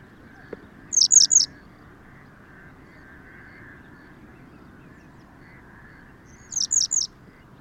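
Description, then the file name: Western yellow wagtail giving a quick trio of high, thin, downslurred notes, then a matching trio about five seconds later, over a steady low background hum. "Gele Kwikstaart Motacilla flava"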